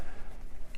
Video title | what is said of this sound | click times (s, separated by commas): DEERC D60 FOLDABLE BEGINNER DRONE [Review & Tutorial) #deerc #drone #review #howto #fun #subscribers | Oh, come on. There it goes. And then these do kind of snap right into place when you have them. | 0.7 s